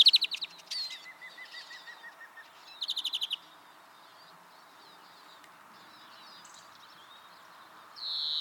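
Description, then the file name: European greenfinch giving quick twittering bursts and a thin series of even notes, then a quiet gap, with a wheeze starting at the end. "Chloris chloris"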